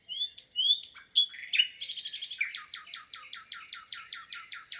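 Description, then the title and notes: Common nightingale song: pure rising whistles, then a fast metallic rattle of many sharp repeated notes, strong and clear in quiet surroundings. Wild bird in song, 22 April 2020, Lesches-en-Diois, France; spring arrival season; recorded amid silence from people, Nagra Seven recorder with MKH8040 stereo microphones. "LE TÉNOR DES LISIÈRES. 22 avril 2020-Lesches en diois. chant du Rossignol Philomène (Luscinia megarhynchos)"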